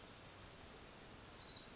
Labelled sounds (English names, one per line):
Orange-crowned Warbler